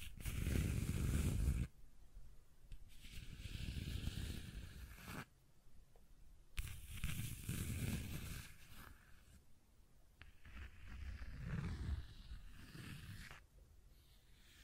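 Scratching and tracing sounds come in bursts of rough scraping, the loudest a harsh opening stroke lasting under two seconds. Later strokes are softer and uneven, separated by brief pauses, with a faint steady whine running underneath and a sharp click near six seconds.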